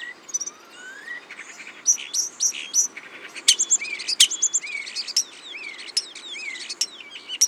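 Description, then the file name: Common starling song, a rapid jumble of clicks, chirps and high whistled notes, preceded by a slow rising whistle. "Spreeuw"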